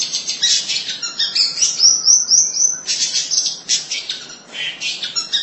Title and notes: Suara burung pentet